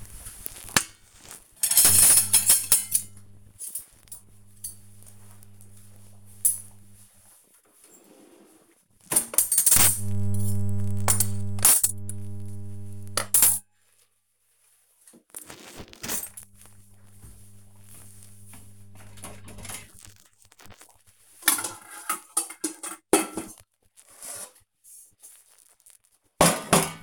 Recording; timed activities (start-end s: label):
household activities, microphone on the right wrist
0.00-27.03 s: putting away the dishes